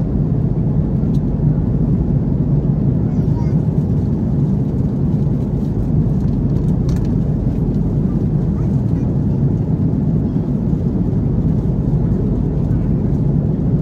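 Inside an Airbus A330 in flight, the engines give a steady, dense, low roar that holds level the whole time. Faint murmurs and occasional small clicks or knocks sit above the drone, especially around the middle, with no clear announcement standing out.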